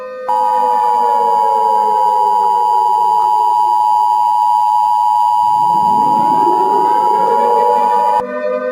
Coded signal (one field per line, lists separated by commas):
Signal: Emergency Alert System (SAME) tones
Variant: 853 and 960 Hz attention tone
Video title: EAS Short #1 Three Mile Island.